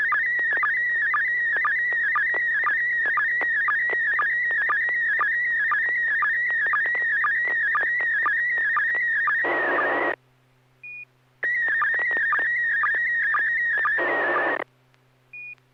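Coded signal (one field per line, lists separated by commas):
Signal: SSTV (slow-scan television)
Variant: PD120 mode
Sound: steady warbling tone around 1.9 kHz with rapid regular low blips, brief hiss gaps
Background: FM repeater noise bursts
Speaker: Roger that I am ready uh this is uh PD one [Music] 20 [Music] e [Applause] [Music] d [Music] n6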